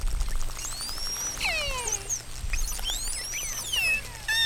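Whale whistles, many overlapping sweeping tones that glide up and down, some falling steeply and others curving, over a faint low hum.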